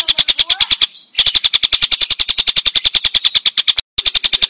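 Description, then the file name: Stork-billed kingfisher giving a harsh, rapid cackling series of loud, clipped notes, broken by two short silences. Clear call. "suara tengkek buto jernih"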